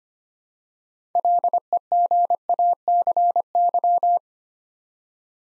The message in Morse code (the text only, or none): LEGACY